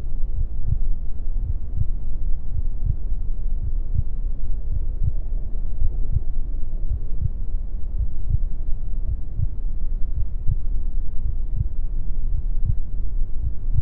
Heartbeat Sound | A Mother's Womb. The gentle thumping of my mother's heartbeat serves as the main focus, a steady rhythm that reverberates through the fluid-filled space. The world beyond the protective barrier of the womb is muffled and distant.